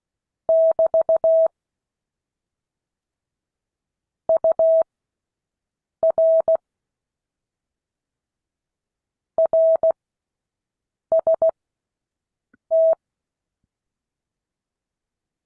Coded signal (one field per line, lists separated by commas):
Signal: Morse code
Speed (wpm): 16 wpm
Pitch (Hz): 650 Hz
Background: none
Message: <BT> UR RST